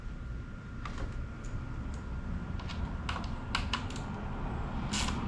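A screw is driven into the plastic (HDPE-type) piece labeled C while an outdoor table is being assembled, and it keeps turning without getting tight. Several sharp hits land around 0.9, 3.1, 3.6 and 3.7 seconds over a steady background, but none marks the slip, and nothing seats or clicks. The hole is stripped before the screw is even snug, and the plastic later comes off.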